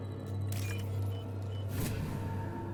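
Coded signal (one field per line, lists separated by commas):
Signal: none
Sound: game interface beeps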